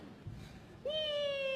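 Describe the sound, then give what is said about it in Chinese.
A single drawn-out cat meow cuts in after a quiet, hissy moment, holding a steady, slightly falling high pitch and staying fairly loud until the end. “喵喵，我的小肉肉，宝贝儿亲亲。”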